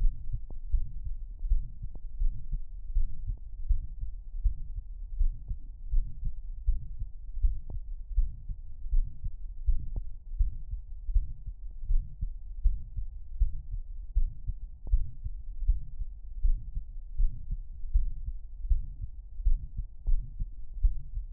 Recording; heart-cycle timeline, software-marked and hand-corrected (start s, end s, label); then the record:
heart sounds
0.00	0.14	S1
0.14	0.32	systole
0.32	0.40	S2
0.40	0.72	diastole
0.72	0.86	S1
0.86	1.04	systole
1.04	1.14	S2
1.14	1.46	diastole
1.46	1.62	S1
1.62	1.80	systole
1.80	1.88	S2
1.88	2.20	diastole
2.20	2.34	S1
2.34	2.52	systole
2.52	2.62	S2
2.62	2.94	diastole
2.94	3.08	S1
3.08	3.26	systole
3.26	3.36	S2
3.36	3.68	diastole
3.68	3.82	S1
3.82	4.02	systole
4.02	4.10	S2
4.10	4.42	diastole
4.42	4.54	S1
4.54	4.74	systole
4.74	4.84	S2
4.84	5.18	diastole
5.18	5.32	S1
5.32	5.50	systole
5.50	5.60	S2
5.60	5.94	diastole
5.94	6.06	S1
6.06	6.24	systole
6.24	6.34	S2
6.34	6.66	diastole
6.66	6.78	S1
6.78	6.98	systole
6.98	7.08	S2
7.08	7.42	diastole
7.42	7.56	S1
7.56	7.76	systole
7.76	7.84	S2
7.84	8.16	diastole
8.16	8.30	S1
8.30	8.50	systole
8.50	8.58	S2
8.58	8.92	diastole
8.92	9.06	S1
9.06	9.24	systole
9.24	9.32	S2
9.32	9.66	diastole
9.66	9.78	S1
9.78	9.96	systole
9.96	10.06	S2
10.06	10.38	diastole
10.38	10.52	S1
10.52	10.72	systole
10.72	10.82	S2
10.82	11.14	diastole
11.14	11.26	S1
11.26	11.46	systole
11.46	11.54	S2
11.54	11.88	diastole
11.88	12.02	S1
12.02	12.22	systole
12.22	12.32	S2
12.32	12.64	diastole
12.64	12.78	S1
12.78	12.98	systole
12.98	13.08	S2
13.08	13.40	diastole
13.40	13.52	S1
13.52	13.72	systole
13.72	13.82	S2
13.82	14.16	diastole
14.16	14.30	S1
14.30	14.48	systole
14.48	14.56	S2
14.56	14.90	diastole
14.90	15.04	S1
15.04	15.24	systole
15.24	15.34	S2
15.34	15.66	diastole
15.66	15.80	S1
15.80	16.00	systole
16.00	16.08	S2
16.08	16.42	diastole
16.42	16.58	S1
16.58	16.76	systole
16.76	16.84	S2
16.84	17.18	diastole
17.18	17.30	S1
17.30	17.50	systole
17.50	17.60	S2
17.60	17.94	diastole
17.94	18.10	S1
18.10	18.28	systole
18.28	18.36	S2
18.36	18.68	diastole
18.68	18.82	S1
18.82	19.02	systole
19.02	19.10	S2
19.10	19.44	diastole
19.44	19.58	S1
19.58	19.76	systole
19.76	19.82	S2
19.82	20.08	diastole
20.08	20.22	S1
20.22	20.40	systole
20.40	20.48	S2
20.48	20.82	diastole
20.82	20.96	S1
20.96	21.16	systole
21.16	21.26	S2
21.26	21.33	diastole
From the record:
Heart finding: mitral regurgitation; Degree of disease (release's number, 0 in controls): 2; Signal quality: good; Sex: male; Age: 79 years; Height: 1.75 m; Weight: 80 kg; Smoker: yes